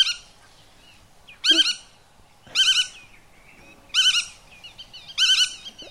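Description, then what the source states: Black-tailed Godwit alarm calls: four loud nasal, slightly wavering notes, each a short burst, with quiet pauses between. Alarm calls; recording played on the radio.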